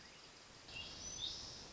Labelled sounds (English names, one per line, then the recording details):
Hermit Thrush
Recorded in Sonoma County, California